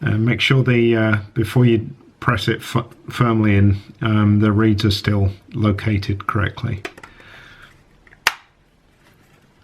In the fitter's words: press it until it snaps and then